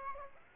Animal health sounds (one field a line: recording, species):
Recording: mosquito wingbeat signal from an infrared sensor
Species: Aedes aegypti